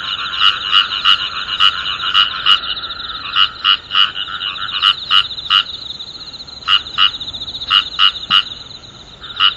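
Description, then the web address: Frog croaking in bursts of quick, clipped notes with brief gaps between runs, over a persistent rattling frog chorus. "tera kaeru"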